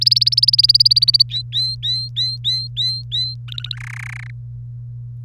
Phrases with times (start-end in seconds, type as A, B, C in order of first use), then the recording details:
0.01-1.23 A, 1.29-3.35 B, 3.48-3.76 C, 3.77-4.30 D. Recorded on 30 April 2018 at 14:40. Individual llb3